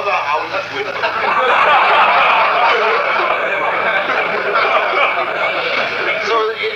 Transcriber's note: laughter